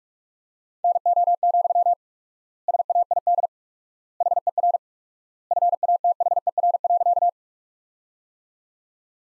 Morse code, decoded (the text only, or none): NO, SAID HER FATHER.